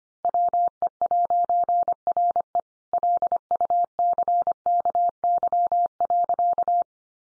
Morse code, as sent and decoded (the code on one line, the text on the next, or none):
.-- . .----. .-. . / .-.. ..- -.-. -.- -.-- .-.-.-
WE'RE LUCKY.